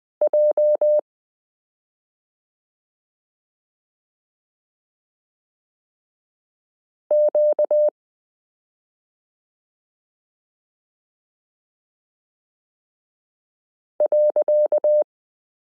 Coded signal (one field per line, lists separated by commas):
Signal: Morse code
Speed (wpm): 20 wpm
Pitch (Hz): 600 Hz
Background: none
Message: JQ.